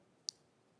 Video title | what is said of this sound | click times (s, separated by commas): HSN - Radiance By Absolute Jewelry Celebration 07.11.2023 - 06 PM | You hear that? Now it's nice and closed. | 0.3 s